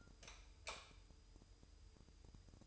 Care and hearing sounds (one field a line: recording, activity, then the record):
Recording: daily activity, microphone in the room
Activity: light off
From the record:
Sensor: 2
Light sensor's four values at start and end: 12/35/14/14 and 7/17/7/7